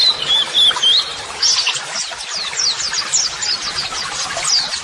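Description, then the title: White-eye twitter opening with a wavering whistle, then a rapid patter of short, high chirps continuing to the end. Masteran (model song) audio for training white-eyes, described as therapy audio meant to make a bird answer at once; 'gacor' meaning a vigorously singing bird. "Pleci Gacor. LANGSUNG NYAUT MASTERAN AUDIO TERAPI PLECI"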